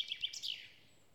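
Bird song: a brief run of high chirpy notes lasting about half a second, then fading into quiet.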